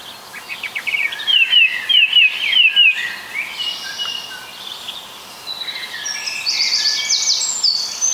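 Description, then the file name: Bird calls: a quick run of sharp, high chirps in the first few seconds, then thinner, higher twittering notes near the end over a steady faint hiss. "voegel"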